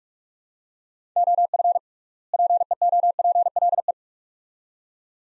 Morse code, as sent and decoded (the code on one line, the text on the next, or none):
--- ..-. / .--. . --- .--. .-.. .
OF PEOPLE